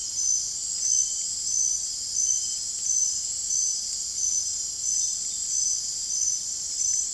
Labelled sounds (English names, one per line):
none